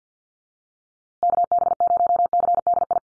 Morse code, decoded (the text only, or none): KB0CDI